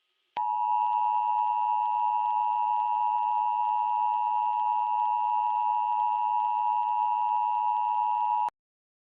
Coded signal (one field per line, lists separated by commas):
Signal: Emergency Alert System (SAME) tones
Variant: 853 and 960 Hz attention tone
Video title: EAS Scenario/Analog Horror - Tartarus (Halloween)